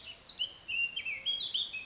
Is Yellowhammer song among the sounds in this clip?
no